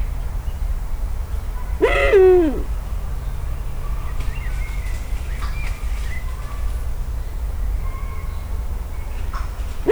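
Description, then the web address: Eurasian eagle-owl calling once near two seconds, a rasping note that slides downward, then only low background rumble and faint chirps. Captive bird recorded at a zoo in Szeged in 2011. "szegedizoo 2011 uhu avegenegyelszallolegy"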